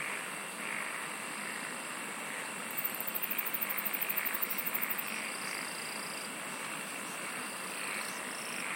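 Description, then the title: Insects form a continuous buzzing background while a very high, evenly pulsed trill sounds for about two seconds in the middle. "SINGING OF INSECTS"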